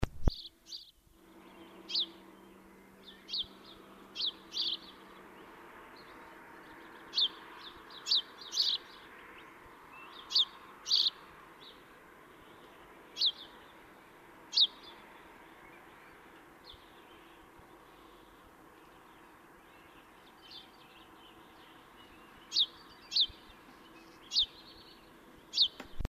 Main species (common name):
House Sparrow